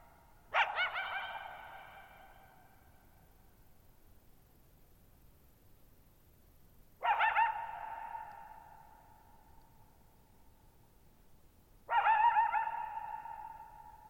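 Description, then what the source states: Coyote giving three sharp barks several seconds apart, each followed by a long echo slowly dying into near silence. Lone coyote at night, July 14, 2019, Thirtymile Meadows, Okanogan National Forest, Okanogan High Country, Pacific Northwest, 6400 ft (1950 m); high dry plateau, shallow-bowl meadow with boggy ground.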